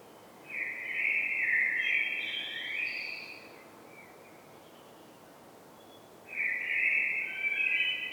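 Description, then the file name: Common blackbird song: a mellow fluted phrase with a brief high twitter, a pause of about three seconds, then another warbling phrase starts. "Turdus merula"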